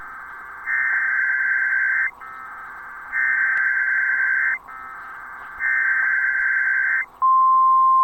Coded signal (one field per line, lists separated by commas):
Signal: Emergency Alert System (SAME) tones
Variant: header bursts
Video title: King County DEM Required Monthly Test EAS(12-12-2020)